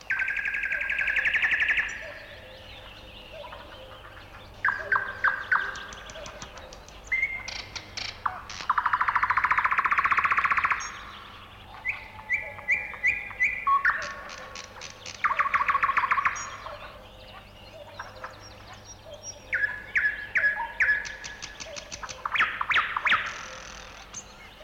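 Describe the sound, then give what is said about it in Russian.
A nightingale sings alone in varied, loud phrases: rich whistles, rapid clicking trills and sustained buzzy notes, each burst separated by short pauses, with no talking. “А теперь послушайте соловья.”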